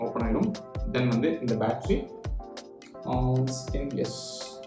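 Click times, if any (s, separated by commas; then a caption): none. A battery is being inserted into the GoPro Hero 10 action camera's battery compartment after its door has been opened, while someone talks over background music. A few faint, brief handling taps are heard around the middle of the clip. Nothing has seated or locked in yet.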